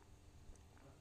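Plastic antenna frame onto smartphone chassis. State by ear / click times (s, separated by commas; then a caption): not seated / none. During reassembly of a Sony Xperia X Compact screen replacement, the plastic antenna frame is handled against the chassis, with the NFC flex cable meant to clip onto the antenna. Low, steady handling noise is heard, with one brief sharp tick at 0.5 seconds. Nothing has seated or clicked yet; the frame is not yet home.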